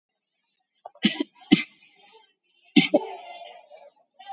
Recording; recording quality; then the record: shallow voluntary cough; excellent, no background noise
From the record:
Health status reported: COVID-19 positive, moderate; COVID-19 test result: positive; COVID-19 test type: RT-PCR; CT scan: taken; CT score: 6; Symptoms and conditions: cough, cold, fever, muscle pain, loss of smell and taste, diarrhoea, hypertension, diabetes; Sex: male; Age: 67 years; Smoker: no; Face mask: worn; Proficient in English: yes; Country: India